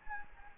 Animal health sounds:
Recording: mosquito wingbeat signal from an infrared sensor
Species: Anopheles gambiae

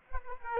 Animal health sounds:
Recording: mosquito wingbeat signal from an infrared sensor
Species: Aedes aegypti

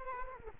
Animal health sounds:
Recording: mosquito wingbeat signal from an infrared sensor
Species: Culex quinquefasciatus

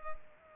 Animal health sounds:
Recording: mosquito wingbeat signal from an infrared sensor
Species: Culex pipiens

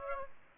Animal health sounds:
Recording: mosquito wingbeat signal from an infrared sensor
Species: Aedes aegypti

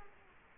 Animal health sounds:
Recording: mosquito wingbeat signal from an infrared sensor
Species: Culex quinquefasciatus

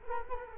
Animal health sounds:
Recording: mosquito wingbeat signal from an infrared sensor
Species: Culex quinquefasciatus

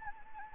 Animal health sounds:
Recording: mosquito wingbeat signal from an infrared sensor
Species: Anopheles gambiae

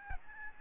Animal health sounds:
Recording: mosquito wingbeat signal from an infrared sensor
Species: Aedes albopictus

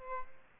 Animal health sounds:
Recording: mosquito wingbeat signal from an infrared sensor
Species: Aedes albopictus

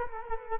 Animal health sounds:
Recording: mosquito wingbeat signal from an infrared sensor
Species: Culex quinquefasciatus

